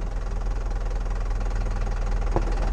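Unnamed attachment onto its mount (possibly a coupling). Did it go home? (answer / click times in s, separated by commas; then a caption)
yes / 2.4 s. An attachment, possibly a coupling, is pushed onto its mount near a vehicle over a steady low engine rumble. A short sharp click at 2.4 s marks it snapping on and locking into place.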